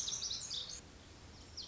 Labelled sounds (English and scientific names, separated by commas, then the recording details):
Lazuli Bunting (Passerina amoena)
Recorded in Sonoma County, California